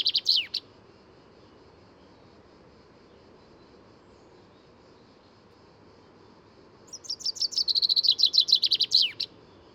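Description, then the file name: Common chaffinch singing: the tail of one song ends with a falling flourish, then after six quiet seconds a second cascading trill of bright notes ends in another downward sweep. "Fringilla coelebs"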